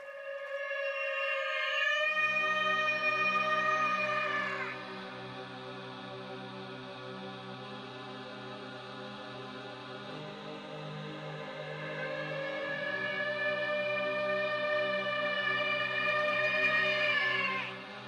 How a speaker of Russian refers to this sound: Морские звезды в бассейне плавно сдвинулись и поплыли музыкальными узорами цветных пятен. И низкий мелодичный свист Уиза затрепетал под каменными сводами храма.